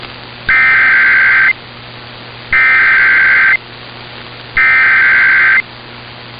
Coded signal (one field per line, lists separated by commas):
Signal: Emergency Alert System (SAME) tones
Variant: header bursts